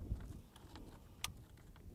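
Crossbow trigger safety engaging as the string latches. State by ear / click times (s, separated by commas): seated / 1.2 s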